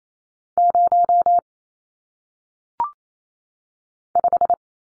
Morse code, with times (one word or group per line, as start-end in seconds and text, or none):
0.6-1.4 0
4.2-4.5 5